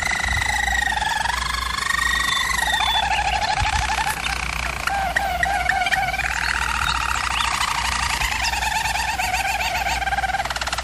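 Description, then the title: German Roller canary: dense continuous rolling song with layered trills sliding and changing pitch throughout, plus a faint low hum. Singing used for canary training. "German Roller Canary Singing - Canary Training Vid"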